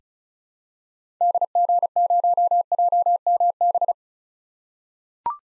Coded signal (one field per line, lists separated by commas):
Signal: Morse code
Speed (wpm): 36 wpm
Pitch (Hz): 700 Hz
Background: none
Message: DG0JMB